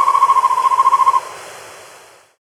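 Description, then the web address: Buff-fronted owl ending a rapid hooting trill, then fading into quiet hiss. Ecuador, South America. "Natures Songs S America Birds of Ecuador. Buff-Fronted Owl"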